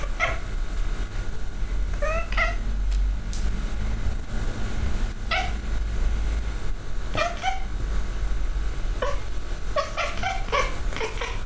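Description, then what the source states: Cat chattering: scattered short chirps with a quick run of stuttered notes near the end, above a continuous low drone. Cat hunting.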